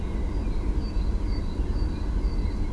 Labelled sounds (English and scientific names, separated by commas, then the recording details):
Great Tit (Parus major)
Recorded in Germany
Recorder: ecoPi